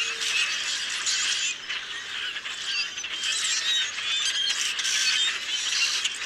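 Common grackle song: a dense flock chorus of overlapping squeaky, grating calls forming a steady wash of sound throughout.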